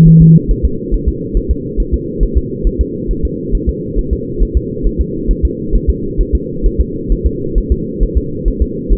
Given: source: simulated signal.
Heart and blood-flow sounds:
fetal heart sounds
0.08 s: S1
0.22 s: S2
0.51 s: S1
0.65 s: S2
0.94 s: S1
1.08 s: S2
1.37 s: S1
1.51 s: S2
1.80 s: S1
1.94 s: S2
2.23 s: S1
2.37 s: S2
2.67 s: S1
2.81 s: S2
3.11 s: S1
3.25 s: S2
3.55 s: S1
3.69 s: S2
3.99 s: S1
4.13 s: S2
4.43 s: S1
4.57 s: S2
4.87 s: S1
5.01 s: S2
5.31 s: S1
5.45 s: S2
5.75 s: S1
5.90 s: S2
6.21 s: S1
6.35 s: S2
6.66 s: S1
6.81 s: S2
7.12 s: S1
7.26 s: S2
7.58 s: S1
7.72 s: S2
8.03 s: S1
8.18 s: S2
8.48 s: S1
8.62 s: S2
8.93 s: S1
From the record:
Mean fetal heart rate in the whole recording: 135 bpm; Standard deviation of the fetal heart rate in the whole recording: 3 bpm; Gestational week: 36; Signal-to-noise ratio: -6.6 dB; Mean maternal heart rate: 72 bpm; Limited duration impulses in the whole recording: present

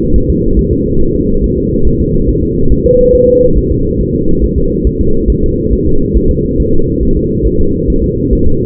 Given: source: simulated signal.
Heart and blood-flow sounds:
fetal heart sounds
0.16 s: S1
0.30 s: S2
0.59 s: S1
0.73 s: S2
1.01 s: S1
1.16 s: S2
1.44 s: S1
1.58 s: S2
1.87 s: S1
2.01 s: S2
2.29 s: S1
2.43 s: S2
2.72 s: S1
2.86 s: S2
3.15 s: S1
3.29 s: S2
3.58 s: S1
3.72 s: S2
4.01 s: S1
4.15 s: S2
4.44 s: S1
4.58 s: S2
4.87 s: S1
5.01 s: S2
5.30 s: S1
5.44 s: S2
5.73 s: S1
5.87 s: S2
6.16 s: S1
6.31 s: S2
6.60 s: S1
6.74 s: S2
7.03 s: S1
7.17 s: S2
7.47 s: S1
7.61 s: S2
7.90 s: S1
8.04 s: S2
8.33 s: S1
8.47 s: S2
From the record:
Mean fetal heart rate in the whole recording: 140 bpm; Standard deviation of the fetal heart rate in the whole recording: 2 bpm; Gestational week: 34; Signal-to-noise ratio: -17.7 dB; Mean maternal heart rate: 72 bpm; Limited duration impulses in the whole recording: present

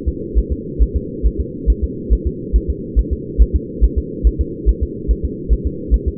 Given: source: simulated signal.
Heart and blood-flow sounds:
fetal heart sounds
0.08 s: S2
0.38 s: S1
0.52 s: S2
0.83 s: S1
0.96 s: S2
1.26 s: S1
1.40 s: S2
1.70 s: S1
1.84 s: S2
2.13 s: S1
2.27 s: S2
2.56 s: S1
2.70 s: S2
2.99 s: S1
3.13 s: S2
3.42 s: S1
3.56 s: S2
3.84 s: S1
3.98 s: S2
4.27 s: S1
4.41 s: S2
4.69 s: S1
4.83 s: S2
5.11 s: S1
5.25 s: S2
5.53 s: S1
5.67 s: S2
5.94 s: S1
6.08 s: S2
From the record:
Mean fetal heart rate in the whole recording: 140 bpm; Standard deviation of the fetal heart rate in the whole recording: 2 bpm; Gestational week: 34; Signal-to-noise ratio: -4.1 dB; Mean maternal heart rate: no maternal heart sound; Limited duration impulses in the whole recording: absent

